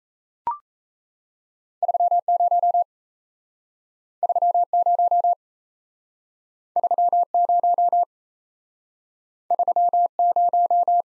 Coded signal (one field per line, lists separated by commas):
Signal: Morse code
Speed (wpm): 38 wpm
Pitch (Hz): 700 Hz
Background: none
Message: 30 30 30 30